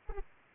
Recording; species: mosquito wingbeat signal from an infrared sensor; Anopheles arabiensis